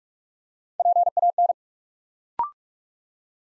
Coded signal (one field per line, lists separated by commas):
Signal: Morse code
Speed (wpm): 44 wpm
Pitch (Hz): 700 Hz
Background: none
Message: PAN